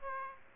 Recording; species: mosquito wingbeat signal from an infrared sensor; Aedes aegypti